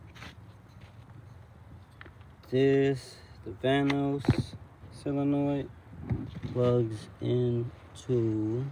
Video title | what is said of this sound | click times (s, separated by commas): M54 Engine Harness Guide | snap right in | 2.0 s